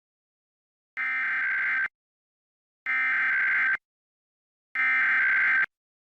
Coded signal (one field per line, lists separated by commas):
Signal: Emergency Alert System (SAME) tones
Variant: header bursts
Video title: Pennsylvania RMT for February 2023 [EAS #185-194]